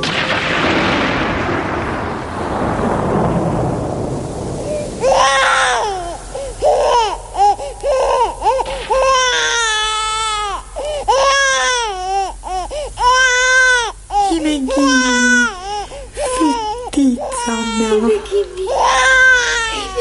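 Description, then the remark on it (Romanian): A newborn baby girl cries in loud, high-pitched wailing bursts, each rising and falling with short gasping pauses between, following a few seconds of rushing noise at the start. “Iar copila care se va naște va fi a ta, prea milostivă zeiță.”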